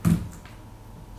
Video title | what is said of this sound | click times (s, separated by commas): Čtvrt roku zkušeností s ASUS Eee Pad Transformer | to cvaklo už v tom mám trošku cvik jako po třech měsících | 0.0 s